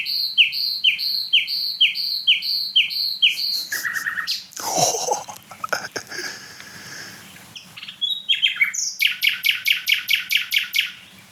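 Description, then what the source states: Common Nightingale song: a series of high whistled notes repeated steadily, a burst of rough rustling noise in the middle, then a rapid pulsing trill. Night song with a gurgling ('Glucksen') element; bird described as smaller than a blackbird yet very loud, with no other bird singing.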